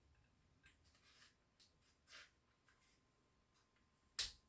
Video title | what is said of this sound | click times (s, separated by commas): l AK 750 mon custom du PP 750 | Oh, c'est beau quand ça fait clic comme ça que tout s'enclenche | 4.2 s